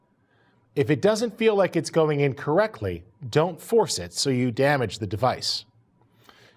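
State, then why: Seated. Someone talks while pushing the SMI eye-tracking glasses cable connector into the recorder socket, and after the talking stops a faint sharp click is heard at 6.3 s. The connector snaps firmly into place and is seated.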